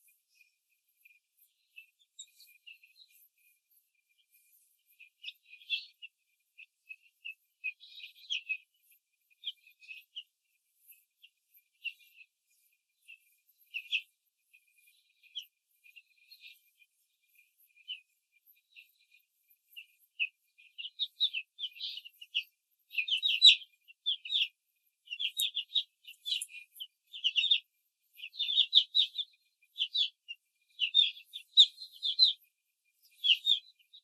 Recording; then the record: young laying hens in a cage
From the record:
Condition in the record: control cage, after the stress test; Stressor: none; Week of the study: 4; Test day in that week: 1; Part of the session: 3